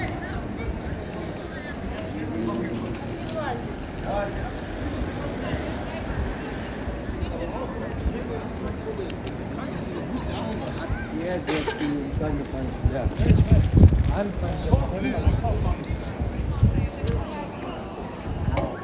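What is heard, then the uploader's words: Waiting in a busy city square: voices of passers-by talk steadily throughout, overlapping with a general crowd murmur. A low traffic rumble sits underneath, swelling louder after about twelve seconds with heavier thuds and rolling sounds. This is how it sounds when waiting for a friend at Michaelerplatz, Vienna/Austria.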